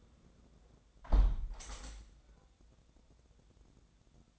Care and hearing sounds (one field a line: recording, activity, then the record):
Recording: daily activity, microphone in the room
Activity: close window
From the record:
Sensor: 3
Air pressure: 1012.3 hPa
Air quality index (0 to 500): 140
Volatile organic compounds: 2 ppm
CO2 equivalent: 1079 ppm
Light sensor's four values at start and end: 297/725/302/299 and 300/732/305/301